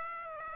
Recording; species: mosquito wingbeat signal from an infrared sensor; Aedes aegypti